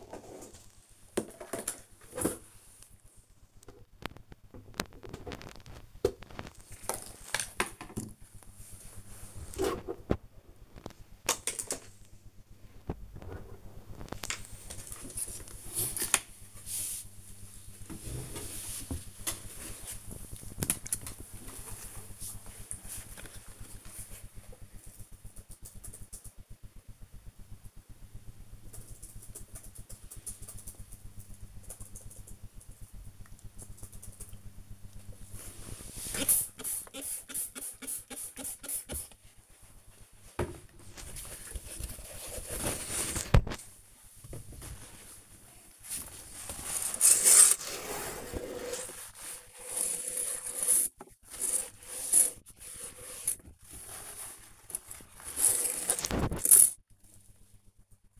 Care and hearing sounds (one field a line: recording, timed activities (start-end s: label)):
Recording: household activities, microphone on the right wrist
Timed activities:
0.00-23.59 s: tidy up the cupboard
34.64-58.20 s: cleaning the cupboard